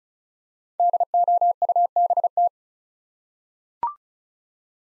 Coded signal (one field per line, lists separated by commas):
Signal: Morse code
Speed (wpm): 36 wpm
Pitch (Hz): 700 Hz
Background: none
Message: DOUBT